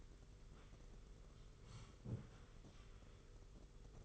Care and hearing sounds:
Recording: daily activity, microphone in the room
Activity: sit down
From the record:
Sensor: 4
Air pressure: 991.3 hPa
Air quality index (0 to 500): 137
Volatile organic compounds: 55 ppm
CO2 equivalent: 3360 ppm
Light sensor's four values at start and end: 24/78/29/30 and 24/79/29/30

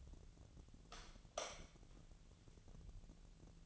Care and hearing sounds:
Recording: daily activity, microphone in the room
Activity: light off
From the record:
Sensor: 4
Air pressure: 1000.9 hPa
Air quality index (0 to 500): 128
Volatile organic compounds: 1 ppm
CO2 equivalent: 957 ppm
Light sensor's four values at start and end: 39/100/41/45 and 37/90/38/41

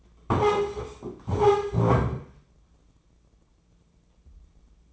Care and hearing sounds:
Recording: daily activity, microphone in the room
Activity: stand up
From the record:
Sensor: 1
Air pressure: 996.0 hPa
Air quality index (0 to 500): 237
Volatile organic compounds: 1000 ppm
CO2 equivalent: 6910 ppm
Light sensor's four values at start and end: 35/87/37/45 and 34/84/36/43

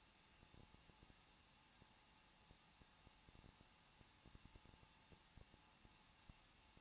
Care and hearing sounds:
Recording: daily activity, microphone in the room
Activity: no activity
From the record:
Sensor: 1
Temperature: 20.1 degrees Celsius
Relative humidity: 39.1%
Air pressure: 1006.4 hPa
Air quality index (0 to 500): 216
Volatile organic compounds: 74 ppm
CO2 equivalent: 3551 ppm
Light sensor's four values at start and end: 1/2/1/1 and 1/2/1/1

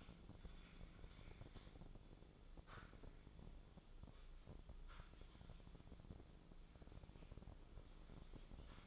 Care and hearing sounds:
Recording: daily activity, microphone in the room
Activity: typing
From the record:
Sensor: 5

